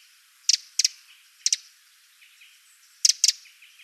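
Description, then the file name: Eurasian wren call notes: hard, clicky double ticks given in short bursts, five in under four seconds, over soft, thin background twittering. "Troglodytes troglodytes"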